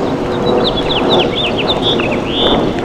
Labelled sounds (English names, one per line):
House Finch song